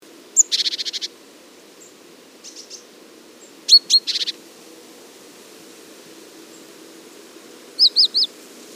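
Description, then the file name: Great tit calls: a short buzzy, rattling churr, then a few sharp high notes, and a quick run of three thin rising-falling notes near the end. "Parus major"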